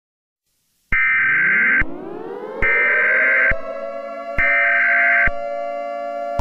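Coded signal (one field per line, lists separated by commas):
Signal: Emergency Alert System (SAME) tones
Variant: header bursts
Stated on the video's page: Fake, simulated Emergency Alert System scenario about an asteroid impact; never actually happened.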